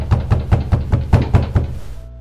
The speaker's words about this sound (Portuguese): Dou uma pancada mais forte na porta. Uma pancada na porta.